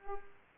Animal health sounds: mosquito wingbeat signal from an infrared sensor; Culex pipiens

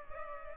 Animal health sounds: mosquito wingbeat signal from an infrared sensor; Culex pipiens

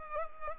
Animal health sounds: mosquito wingbeat signal from an infrared sensor; Culex pipiens

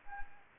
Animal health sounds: mosquito wingbeat signal from an infrared sensor; Anopheles gambiae

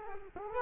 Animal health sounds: mosquito wingbeat signal from an infrared sensor; Culex quinquefasciatus

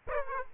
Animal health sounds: mosquito wingbeat signal from an infrared sensor; Aedes aegypti

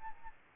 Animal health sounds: mosquito wingbeat signal from an infrared sensor; Aedes albopictus

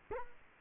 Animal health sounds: mosquito wingbeat signal from an infrared sensor; Culex quinquefasciatus

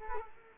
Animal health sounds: mosquito wingbeat signal from an infrared sensor; Culex quinquefasciatus

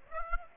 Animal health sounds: mosquito wingbeat signal from an infrared sensor; Aedes aegypti

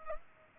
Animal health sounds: mosquito wingbeat signal from an infrared sensor; Culex pipiens

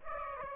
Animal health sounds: mosquito wingbeat signal from an infrared sensor; Aedes aegypti

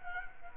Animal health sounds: mosquito wingbeat signal from an infrared sensor; Culex quinquefasciatus

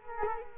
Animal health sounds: mosquito wingbeat signal from an infrared sensor; Culex quinquefasciatus

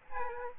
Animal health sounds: mosquito wingbeat signal from an infrared sensor; Aedes aegypti

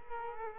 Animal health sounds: mosquito wingbeat signal from an infrared sensor; Culex quinquefasciatus

